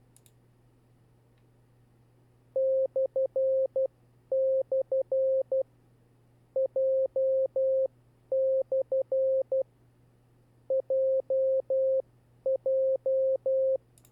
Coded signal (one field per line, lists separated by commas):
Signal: Morse code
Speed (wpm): 12 wpm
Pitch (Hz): 530 Hz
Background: none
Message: // J/ JJ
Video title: How to Learn CW / Video #7 Group 2 / Characters Z J /